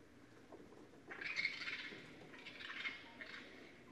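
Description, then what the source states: Raccoon giving a harsh, noisy squealing burst followed by a second, fainter chatter. Recorded 24 January 2012.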